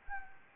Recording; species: mosquito wingbeat signal from an infrared sensor; Anopheles gambiae